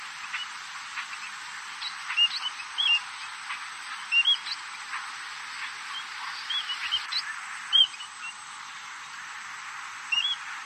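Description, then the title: Red-throated parrotfinch uttering brief, sharp chirps, single or in quick pairs, spaced irregularly throughout over a steady background hiss. "Erythrura Psittacea"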